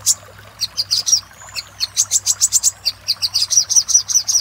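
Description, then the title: Little spiderhunter song: a loud opening chip, a short gap, then steady streams of high, rapid, piercing notes that continue to the end. Master song used for training cage birds, labelled 'Labaik'. "Masteran Burung Sogok Ontong Labaik"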